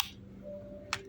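A plastic refill part of a CB Twister motorcycle's fuel pump, being repaired because the pump makes noise, is handled against the fuel pump housing. A brief burst of noise at the start, a low steady hum, and a sharp short tick near 0.9 s are heard. Nothing has seated or clicked into place yet.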